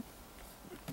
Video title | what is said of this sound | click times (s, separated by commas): How To Remove Mercedes Shift Nob | push it up until it clicks just like it did right there and you're going to want to turn it clockwise | 0.9 s